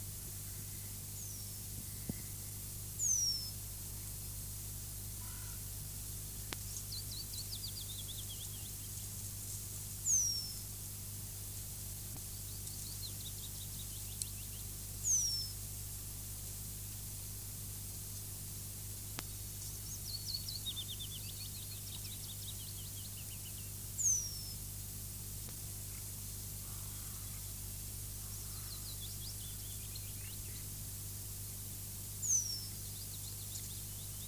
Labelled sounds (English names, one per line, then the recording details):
Eurasian Penduline Tit call
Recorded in the wild
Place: Köppchensee, Berlin, DE
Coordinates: 52.6167, 13.3667
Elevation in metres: 40
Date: 2004-04-17 13:31
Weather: sunny, 16-18°C
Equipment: Fair Mate ST-1328 (Asahi Electronics, Japan), Sennheiser ME 80, Kopie Uher 4000 Report Monitor
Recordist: Tembrock, Günter